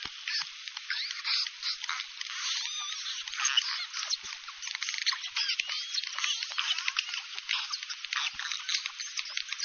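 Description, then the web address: Bottlenose dolphin uttering rising and falling whistles mixed with rapid clicking bursts, busy and overlapping. "KAIROS bottlenose dolfin"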